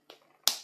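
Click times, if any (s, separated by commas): 0.5 s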